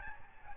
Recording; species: mosquito wingbeat signal from an infrared sensor; Aedes albopictus